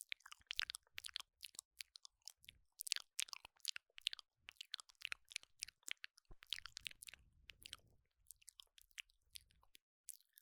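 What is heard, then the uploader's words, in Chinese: Wet mouth sounds: crisp nibbling clicks and bites come in quick, irregular bursts through all ten seconds. The clicks are bright and sharp, with brief soft low thumps beneath them around the sixth to eighth seconds. 啃啃麥克風 | 口腔音 | mouthsounds | NO Talking。Let's nibble on a microphone。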